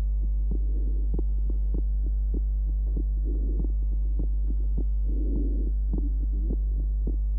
Has an innocent systolic murmur. Note the wide splitting of the second sound, 0.03 to 0.06 seconds. Recording taken at pulmonary area.